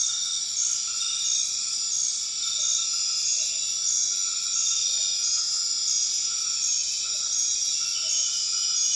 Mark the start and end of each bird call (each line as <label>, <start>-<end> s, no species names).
bird call, 3.20-3.68 s
bird call, 4.86-5.27 s
bird call, 7.12-7.32 s
bird call, 8.00-8.27 s